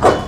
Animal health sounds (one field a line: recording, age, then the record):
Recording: pig call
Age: growing-finishing pig (85 days or more)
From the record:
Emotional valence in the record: positive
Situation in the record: run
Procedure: transit